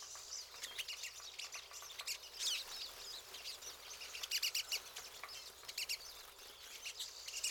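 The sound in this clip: Pine siskins in lively chatter, repeated sharp high chips and drawn-out buzzy wheezes overlapping throughout.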